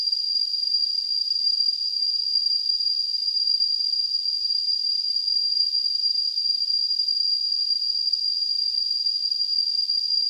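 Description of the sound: Steady high-pitched tone near 5 kHz over faint hiss, unchanging throughout; a simulated tinnitus sound.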